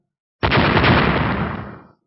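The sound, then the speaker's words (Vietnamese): A sudden roar of explosions, as clashing bow-shadow arrow blasts collide in the void, bursts in at full loudness, a dense rumbling run of blasts that holds for over a second and then fades out, with no voices. “Liên tiếp những tiếng động truyền ra, cung ảnh chạm vào nhau, trong hư không liên tiếp phát ra những tiếng nổ mạnh, chấn động tới mức hư không điên cuồng rung rẩy, cung ảnh cũng theo đó mà tiêu tan.”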